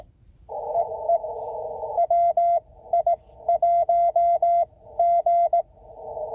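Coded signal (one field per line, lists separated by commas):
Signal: Morse code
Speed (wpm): 19 wpm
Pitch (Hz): 690 Hz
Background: none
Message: EE WI1G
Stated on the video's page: CW/Morse parks on the air (POTA) activation from a mobile station with a guyed HF mobile antenna, parked in a state forest parking lot.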